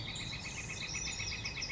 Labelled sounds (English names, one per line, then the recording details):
Northern Flicker
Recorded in Sonoma County, California